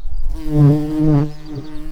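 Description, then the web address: Tree bumblebee buzzing, a low rich hum with two louder swells, the tone wavering slightly before fading near the end. Queens. "Hypnorum queens"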